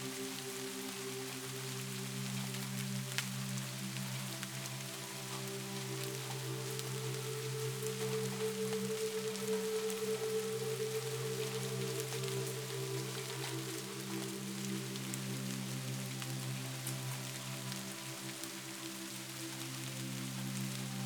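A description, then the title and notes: Steady spring rain hisses evenly throughout, a dense patter of drops with an occasional sharper tick. Underneath, soft sustained music holds low tones that shift slowly, with a higher held note entering around the middle. Loudness stays constant. Soothing Spring Rain and Music for Sleep.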